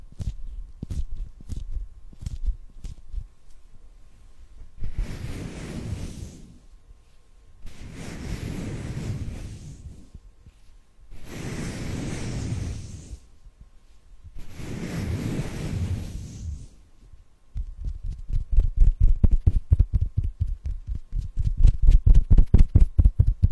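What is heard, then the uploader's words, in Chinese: Hand massage sounds: soft tapping opens the clip, then four long rubbing strokes of skin on skin, each a few seconds, with brief pauses between. After about 17 seconds, quick rhythmic pats build louder and faster until the end. 手部按摩（声控助眠）。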